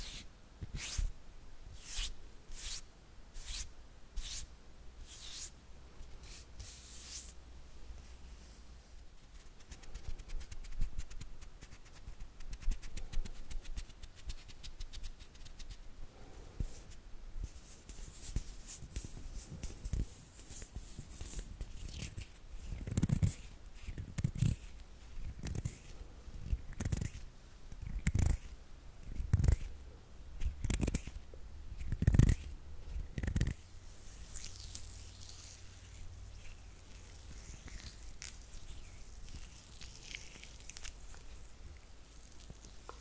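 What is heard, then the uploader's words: Hand sounds: a run of sharp, evenly spaced taps or snaps fills the first nine seconds, then gives way to soft rubbing and brushing. From about twenty seconds, heavier slaps with dull thumps arrive irregularly, before a quieter, hissy rubbing closes the clip. ASMR HAND SOUNDS (No Talking).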